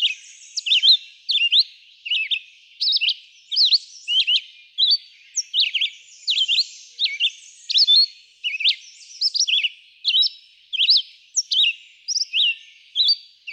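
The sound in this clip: Red-eyed vireo song: short whistled phrases, slurred up and down, given in a steady run with brief pauses between each phrase.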